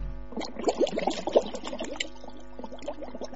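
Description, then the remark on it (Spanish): Sea water sloshing and bubbling in irregular, gurgling bursts, busiest in the first two seconds and then thinning out, with no voices. “Bueno, aparte del sonido del mar, ¿qué más os ha sorprendido?”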